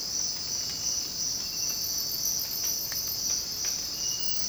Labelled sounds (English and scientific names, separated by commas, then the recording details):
none
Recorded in dense forest near Puerto Asís, Putumayo, Colombia, on 24 March 2025 at 05:00
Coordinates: 0.481, -76.323
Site G088